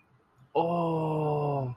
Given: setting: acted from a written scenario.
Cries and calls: vocal sound without words; realization

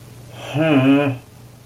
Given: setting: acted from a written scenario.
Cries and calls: vocal sound without words; shame

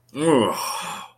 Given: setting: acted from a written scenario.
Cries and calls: vocal sound without words; disgust

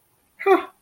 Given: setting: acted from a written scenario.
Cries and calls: vocal sound without words; pain

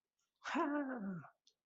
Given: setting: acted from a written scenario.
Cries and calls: vocal sound without words; triumph

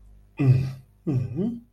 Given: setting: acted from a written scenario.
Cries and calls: vocal sound without words; sadness

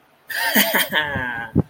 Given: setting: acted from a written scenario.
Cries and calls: vocal sound without words; amusement

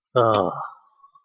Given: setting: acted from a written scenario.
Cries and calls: vocal sound without words; guilt

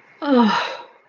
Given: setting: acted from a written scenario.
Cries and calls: vocal sound without words; relief

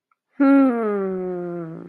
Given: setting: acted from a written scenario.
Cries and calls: vocal sound without words; confusion

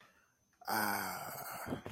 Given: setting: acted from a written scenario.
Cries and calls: vocal sound without words; serenity

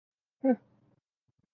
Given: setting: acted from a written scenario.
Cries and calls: vocal sound without words; neutral

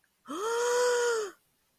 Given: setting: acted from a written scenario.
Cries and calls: vocal sound without words; elation

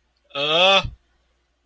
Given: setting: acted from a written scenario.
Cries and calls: vocal sound without words; fear

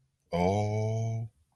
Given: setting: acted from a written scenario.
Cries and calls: vocal sound without words; awe

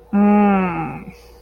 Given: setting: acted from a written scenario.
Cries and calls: vocal sound without words; embarrassment

